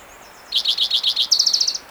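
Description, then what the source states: Spotted Towhee song: a run of six slurred notes, then a fast even trill of seven clipped notes, just over a second long. Individual number one, recorded June 22, 2010, in Rhodes Canyon, Utah County, Utah.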